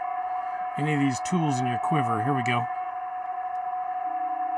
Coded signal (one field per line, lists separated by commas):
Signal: PSK31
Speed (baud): 31.25 baud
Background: speech